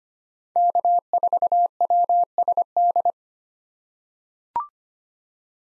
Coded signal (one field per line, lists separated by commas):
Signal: Morse code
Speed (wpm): 25 wpm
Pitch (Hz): 700 Hz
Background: none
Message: K4WSD